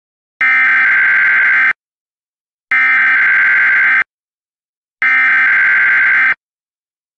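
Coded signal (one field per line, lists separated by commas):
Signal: Emergency Alert System (SAME) tones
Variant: header bursts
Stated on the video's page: Simulated EAS SAME header from an Android EAS Simulator app.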